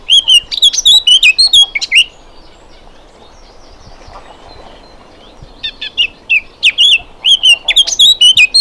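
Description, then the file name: Eurasian blackcap song: two bursts of rapid, varied warbling, the first about two seconds long, the second about three, separated by a quiet pause of about three and a half seconds. "Sylvia atricapilla"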